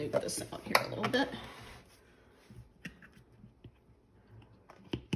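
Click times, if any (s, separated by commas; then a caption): none. Someone talks while handling the lid of a countertop cooking blender, moving it into position on the blender jar, with soft rustling and a few sharp clicking hits near the end at about 4.9 and 5.1 seconds. The lid has not locked in place yet; nothing has seated or clicked home by the end of the clip.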